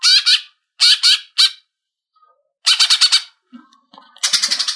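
Leafbird giving harsh, rasping double and triple bursts separated by pauses, then a quick stuttering chatter at the end.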